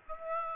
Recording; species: mosquito wingbeat signal from an infrared sensor; Aedes aegypti